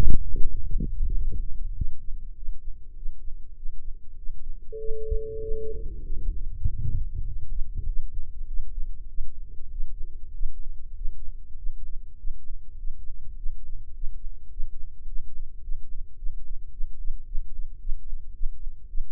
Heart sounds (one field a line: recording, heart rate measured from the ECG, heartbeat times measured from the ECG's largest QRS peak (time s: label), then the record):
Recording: heart sounds by microphone in the right ear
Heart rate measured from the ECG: 101 bpm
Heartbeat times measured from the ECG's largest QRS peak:
0.50 s: heartbeat
1.12 s: heartbeat
1.73 s: heartbeat
2.33 s: heartbeat
2.93 s: heartbeat
3.54 s: heartbeat
4.15 s: heartbeat
4.76 s: heartbeat
5.39 s: heartbeat
6.01 s: heartbeat
6.63 s: heartbeat
7.24 s: heartbeat
7.85 s: heartbeat
8.45 s: heartbeat
9.06 s: heartbeat
9.68 s: heartbeat
10.30 s: heartbeat
10.92 s: heartbeat
11.54 s: heartbeat
12.15 s: heartbeat
12.75 s: heartbeat
13.34 s: heartbeat
13.91 s: heartbeat
14.48 s: heartbeat
15.04 s: heartbeat
15.59 s: heartbeat
16.14 s: heartbeat
16.68 s: heartbeat
17.23 s: heartbeat
17.77 s: heartbeat
18.31 s: heartbeat
18.85 s: heartbeat
From the record:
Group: healthy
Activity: rest 0-6 s, Valsalva maneuver 6-19 s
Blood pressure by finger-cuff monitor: 102/69 mmHg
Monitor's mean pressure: 82 mmHg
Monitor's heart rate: 99 bpm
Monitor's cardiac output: 7.5 L/min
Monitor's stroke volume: 77 mL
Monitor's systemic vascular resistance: 760 dyn s/cm5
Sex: male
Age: 19 years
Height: 178 cm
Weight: 83 kg